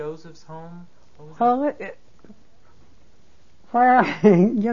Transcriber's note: she laughs